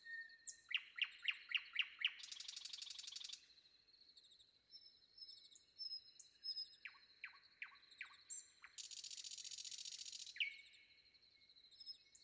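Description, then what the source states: Common nightingale song: loud repeated notes, a harsh buzzy rattle, a second series of repeated notes and another buzzy burst. Sung before dawn.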